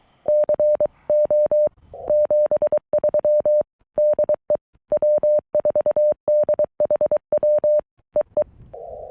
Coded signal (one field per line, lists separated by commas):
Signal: Morse code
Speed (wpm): 22 wpm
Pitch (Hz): 590 Hz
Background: none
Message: CO 73 DE W4DHW EE